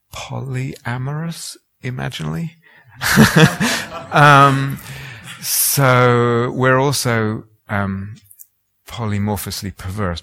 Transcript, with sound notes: polyamorous imaginally. [laughter] So we're also polymorphously perverse.